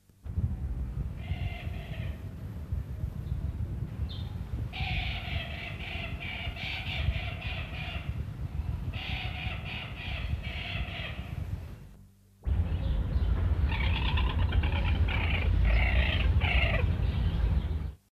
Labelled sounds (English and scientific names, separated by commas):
African Jacana (Actophilornis africanus) call